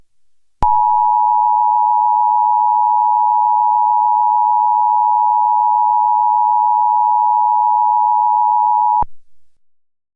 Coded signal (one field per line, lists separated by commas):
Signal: Emergency Alert System (SAME) tones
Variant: 853 and 960 Hz attention tone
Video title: Fake EAS #7: National Emergency Action Notification test